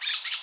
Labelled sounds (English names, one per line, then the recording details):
Brown-throated Parakeet contact call
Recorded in Curacao
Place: just S of Landhuis Groot St. Joris
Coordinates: 12.116, -68.830